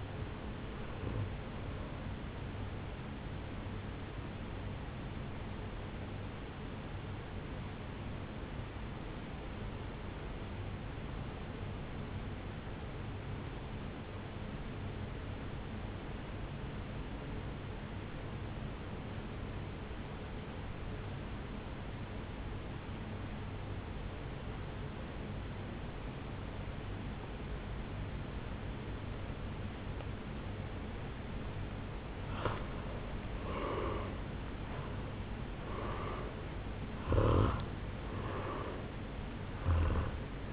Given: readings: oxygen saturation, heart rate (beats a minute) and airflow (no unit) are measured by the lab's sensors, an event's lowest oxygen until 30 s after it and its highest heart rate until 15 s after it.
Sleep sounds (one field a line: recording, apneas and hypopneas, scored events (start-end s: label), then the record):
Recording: breathing in sleep by a voice recorder at the bedside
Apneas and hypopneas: 1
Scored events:
8.00-33.20 s: hypopnea (N1, oxygen 97% highest, then 83% lowest, heart rate 64 at the start, 75 highest)
19.00-40.53 s: new sleep stage, N2 (light sleep)
From the record:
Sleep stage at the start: N1 (lightest sleep)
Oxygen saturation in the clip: 83 to 97%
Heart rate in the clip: 63 to 75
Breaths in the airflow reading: 4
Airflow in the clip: -13.5 to 7.9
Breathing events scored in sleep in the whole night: 449 in 7.0 hours asleep